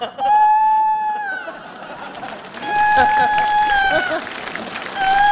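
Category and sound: bird, rooster crowing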